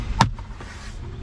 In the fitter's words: put uh pull it up right here until you hear a click